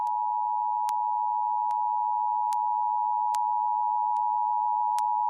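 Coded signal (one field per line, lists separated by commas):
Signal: Emergency Alert System (SAME) tones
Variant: 853 and 960 Hz attention tone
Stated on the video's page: Required monthly tests recorded off broadcast TV stations, audio kept close to the original broadcast with uneven levels.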